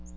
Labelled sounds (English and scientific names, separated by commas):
Magnolia Warbler (Setophaga magnolia) flight call